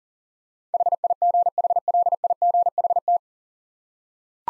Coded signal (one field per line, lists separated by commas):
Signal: Morse code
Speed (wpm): 38 wpm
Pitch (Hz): 700 Hz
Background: none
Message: HIGHLIGHT